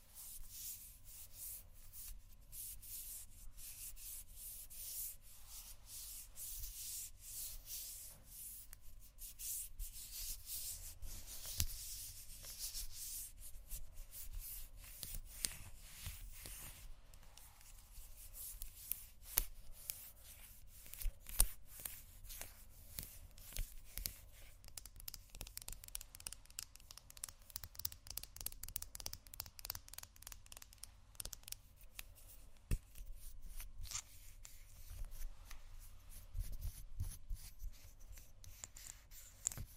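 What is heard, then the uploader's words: Someone rummages through a makeup bag, producing a steady stream of soft rubbing, scraping and small clicking sounds as items shift against each other. Sharper taps and clacks come more often in the second half, with a low hum underneath. ASMR Rummaging Through My Makeup Bag （No Talking）.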